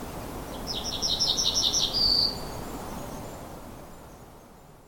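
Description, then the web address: Yellowhammer singing one phrase, a rapid run of several short high notes followed by a longer sustained final note, with low background hum. Recorded 22 March 2020. "linnut keltasirkku 200322"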